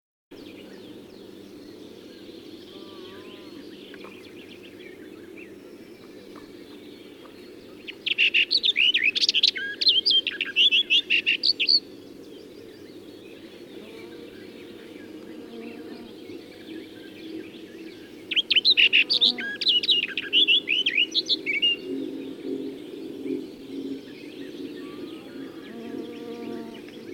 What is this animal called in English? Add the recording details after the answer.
Barred Warbler. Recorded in the wild. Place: Anklam, Mecklenburg-Vorpommern, DE. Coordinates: 53.812, 13.861. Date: 1980-05-25. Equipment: Nagra III BH, Sennheiser MD 21, parabola. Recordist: Schubert, Michael